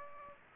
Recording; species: mosquito wingbeat signal from an infrared sensor; Aedes aegypti